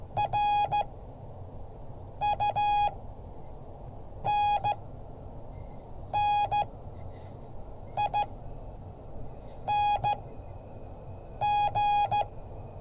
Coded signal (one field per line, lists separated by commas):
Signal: Morse code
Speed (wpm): 14 wpm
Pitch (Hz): 830 Hz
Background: none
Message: RUNNING